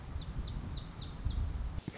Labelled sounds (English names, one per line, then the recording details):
Lazuli Bunting
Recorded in Sonoma County, California